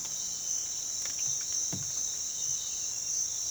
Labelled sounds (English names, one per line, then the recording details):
none
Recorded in pastures near Puerto Asís, Putumayo, Colombia, on 8 March 2025 at 06:00
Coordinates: 0.487, -76.322
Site G077